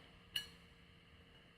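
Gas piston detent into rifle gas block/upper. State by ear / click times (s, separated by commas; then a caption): seated / 0.4 s. During reassembly of an M17S308 rifle, the spring-loaded detent of its metal gas piston system is lined up on its slot and pushed in and up into the gas block/upper. A short, bright metallic clink at 0.4 s rings off briefly over a quiet background as the detent locks into place, seated.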